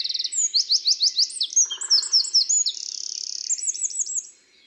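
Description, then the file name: Eurasian wren song, a loud, rapid high-pitched outpouring of sharp notes and fast rattling trills lasting about four seconds, ending abruptly. "Troglodyte mignon"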